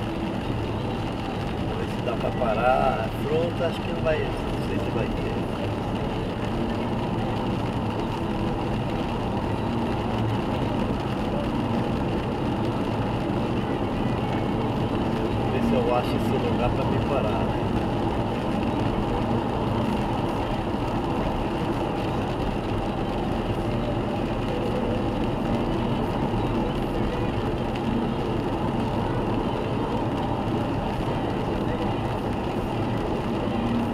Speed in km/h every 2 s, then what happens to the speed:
79, 80, 81, 83, 87, 89, 91, 94, 96, 95, 94, 91, 92, 92, 92, 92, 93.
0-16 speeds up to 96. 16-34 steady at about 92.